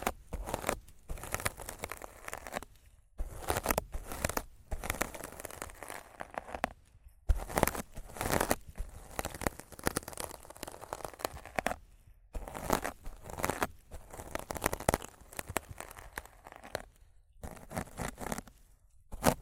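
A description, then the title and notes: Rough scratching and brushing against a microphone, dense bursts of crackly, papery noise that sound like tearing and crumpling. The strokes come in uneven runs of a second or two, broken by short, near-silent gaps every few seconds, with low thumps under the brighter rasp. ASMR Rough Mic Scratching & Brushing (No Talking).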